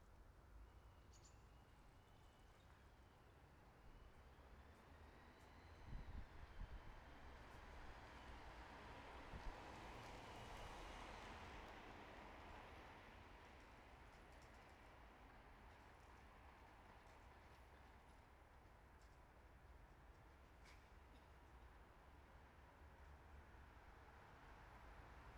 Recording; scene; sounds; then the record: everyday scene through a hearing-aid microphone; in traffic; traffic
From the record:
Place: bus stop on a city main road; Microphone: behind the ear, right, front